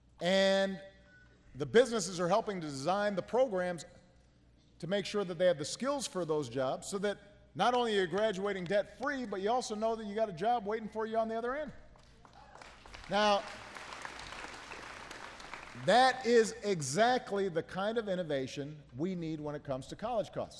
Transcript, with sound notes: and the businesses are helping to design the programs to make sure that they have the skills for those jobs so that not only are you graduating debt free, but you also know that you've got a job waiting for you on the other end. (Applause.)
Now, that is exactly the kind of innovation we need when it comes to college costs.